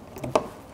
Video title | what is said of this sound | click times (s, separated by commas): Video of the Week -- E4.1 light chain is light and large - igus® | Die kann man hier von oben reinklipsen. | 0.4 s